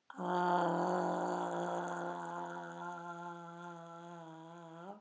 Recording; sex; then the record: sustained vowel /a/; female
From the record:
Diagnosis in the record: healthy control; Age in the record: 72 years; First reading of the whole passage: 67 s, 7.5 characters per second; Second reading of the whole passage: 67 s, 7.5 characters per second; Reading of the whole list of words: 68 s, 4.2 characters per second